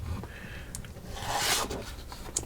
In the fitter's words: og den er laget av plast som bare skal gå over toppen klikker inn